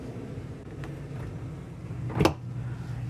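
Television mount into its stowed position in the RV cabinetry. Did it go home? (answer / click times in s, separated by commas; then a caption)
yes / 2.3 s. In a 2023 Newmar Mountain Aire 4551 RV, a swing-out television is slid back to its stowed position in the cabinetry over a low steady hum. A faint tap at 0.8 s precedes the loudest, sharpest latch click at 2.3 s, when the mount locks into place.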